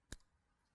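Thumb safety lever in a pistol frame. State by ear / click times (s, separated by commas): seated / 0.1 s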